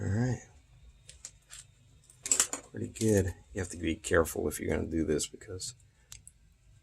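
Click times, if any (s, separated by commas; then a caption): 6.1 s, 6.3 s. A crimped wire terminal is pushed home into its plastic connector housing while wiring a DIY robot. Someone talks, and there are a few short clicks and taps before two sharp clicks at 6.1 s and 6.3 s. Those clicks mark the terminal locking into place.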